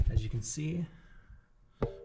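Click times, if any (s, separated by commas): 1.8 s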